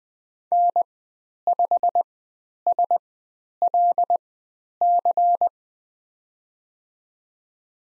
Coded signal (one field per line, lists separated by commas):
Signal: Morse code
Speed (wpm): 20 wpm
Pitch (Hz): 700 Hz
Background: none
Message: N5SLC